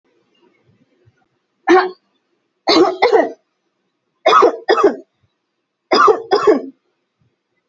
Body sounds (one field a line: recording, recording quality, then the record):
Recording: heavy voluntary cough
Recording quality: excellent, no background noise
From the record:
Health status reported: healthy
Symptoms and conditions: none ticked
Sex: female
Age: 28 years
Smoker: not ticked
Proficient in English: yes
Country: India